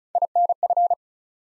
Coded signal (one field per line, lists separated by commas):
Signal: Morse code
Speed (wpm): 36 wpm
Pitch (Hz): 700 Hz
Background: none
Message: INF